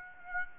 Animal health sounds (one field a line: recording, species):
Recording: mosquito wingbeat signal from an infrared sensor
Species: Aedes aegypti